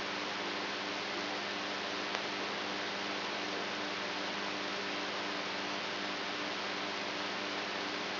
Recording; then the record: brain microelectrode recording played as sound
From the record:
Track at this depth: inside the subthalamic nucleus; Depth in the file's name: 3.518 mm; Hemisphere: right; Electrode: 3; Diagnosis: Parkinson's disease